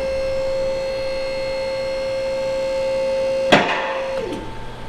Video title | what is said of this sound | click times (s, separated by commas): Leveling Lifting Arms on your Car Lift | you'll notice that they do not click at the same time so i'll show you what that sounds like so | 3.5 s